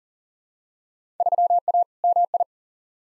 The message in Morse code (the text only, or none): 3A MI